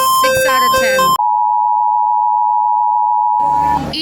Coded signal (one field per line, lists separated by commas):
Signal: Emergency Alert System (SAME) tones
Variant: 853 and 960 Hz attention tone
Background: speech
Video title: RATING EAS ALARMS FROM DIFFERENT COUNTRIES PART 3